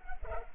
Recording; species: mosquito wingbeat signal from an infrared sensor; Culex pipiens